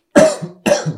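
Two short, harsh coughs about half a second apart from an adult in a small room.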